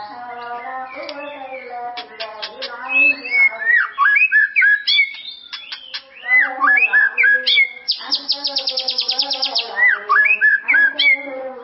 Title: murai batu